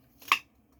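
An old-style church key bottle opener is pried up under the metal lid of a glass sauce jar to break the vacuum seal. Faint scraping starts around 0.2 s, then a loud, sharp pop sounds at 0.3 s as the seal releases.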